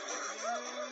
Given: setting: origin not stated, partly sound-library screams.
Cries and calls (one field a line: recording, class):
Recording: one-second piece from a danger detection set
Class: woman in danger